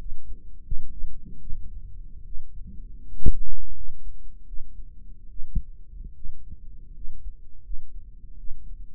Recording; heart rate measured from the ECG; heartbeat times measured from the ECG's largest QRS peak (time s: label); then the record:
heart sounds by microphone in the right ear; 78 bpm
0.63 s: heartbeat
1.38 s: heartbeat
2.23 s: heartbeat
3.03 s: heartbeat
3.72 s: heartbeat
4.45 s: heartbeat
5.28 s: heartbeat
6.13 s: heartbeat
6.92 s: heartbeat
7.61 s: heartbeat
8.36 s: heartbeat
From the record:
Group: healthy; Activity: cold pressor test 0-6 s, rest 6-9 s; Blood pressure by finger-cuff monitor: 98/51 mmHg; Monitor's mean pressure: 67 mmHg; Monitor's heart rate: 81 bpm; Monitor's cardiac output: 7.6 L/min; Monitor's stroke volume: 95 mL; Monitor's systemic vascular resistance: 620 dyn s/cm5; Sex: female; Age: 22 years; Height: 160 cm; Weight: 63 kg